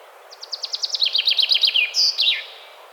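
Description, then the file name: Common chaffinch song, a single phrase of accelerating, descending chip notes followed by a faster trill and a loud, high terminal flourish, with steady low background hiss. "Fringilla coelebs"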